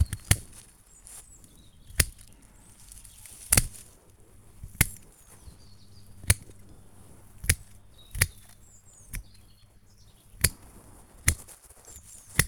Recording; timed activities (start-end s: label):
household activities, microphone on the right wrist
0.00-12.48 s: cutting wood